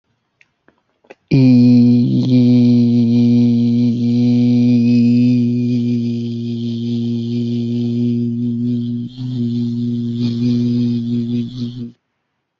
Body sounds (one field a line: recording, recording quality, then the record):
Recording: sustained vowel as in beet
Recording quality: excellent, no background noise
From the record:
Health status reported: healthy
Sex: male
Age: 26 years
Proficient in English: yes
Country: Canada